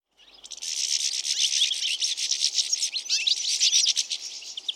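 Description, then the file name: European goldfinch calls, a dense run of quick, bright twittering chirps high in pitch, overlapping almost continuously after a brief quiet start. "Carduelis carduelis"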